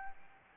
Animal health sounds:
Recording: mosquito wingbeat signal from an infrared sensor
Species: Anopheles gambiae

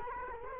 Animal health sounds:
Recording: mosquito wingbeat signal from an infrared sensor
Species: Culex quinquefasciatus

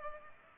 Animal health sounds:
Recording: mosquito wingbeat signal from an infrared sensor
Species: Culex pipiens

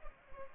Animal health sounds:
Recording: mosquito wingbeat signal from an infrared sensor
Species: Culex pipiens

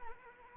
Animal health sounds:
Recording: mosquito wingbeat signal from an infrared sensor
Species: Anopheles arabiensis

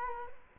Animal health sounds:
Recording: mosquito wingbeat signal from an infrared sensor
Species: Culex quinquefasciatus

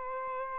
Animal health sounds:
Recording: mosquito wingbeat signal from an infrared sensor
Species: Aedes albopictus

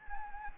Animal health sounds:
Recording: mosquito wingbeat signal from an infrared sensor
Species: Anopheles gambiae

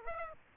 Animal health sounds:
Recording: mosquito wingbeat signal from an infrared sensor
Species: Aedes aegypti

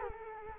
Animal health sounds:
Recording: mosquito wingbeat signal from an infrared sensor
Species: Culex quinquefasciatus

